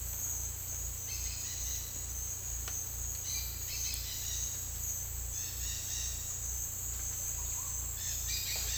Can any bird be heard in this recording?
yes